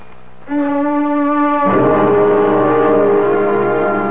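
An alarm sounds as a steady, buzzy electronic tone that begins after a short pause, then grows louder and harsher partway through and keeps droning without a break. No one speaks.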